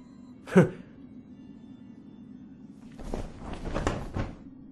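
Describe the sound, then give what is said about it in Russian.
A laundry box lid opens or shuts with one sharp, loud knock, then after a quiet pause comes a short run of softer scuffing and rattling noises. “это ящик какой-то! Вот же! Ящик для белья, в нем все и лежит”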